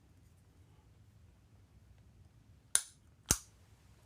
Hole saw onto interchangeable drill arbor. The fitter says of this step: see it snaps into place